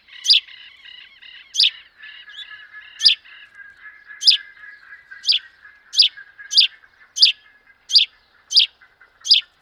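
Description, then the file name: House sparrow chirps: eleven sharp, loud cheeps repeated about once a second over softer chattering. "Passer domesticus"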